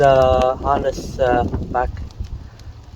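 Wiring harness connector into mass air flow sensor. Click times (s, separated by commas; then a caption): 2.6 s. Someone talks as a wiring harness connector is pushed back onto the new mass air flow sensor of an Audi A3, fitted to replace a faulty one that had the engine running in limp mode. A few small handling sounds follow the speech, and the connector clicks in at 2.6 s, latched and seated.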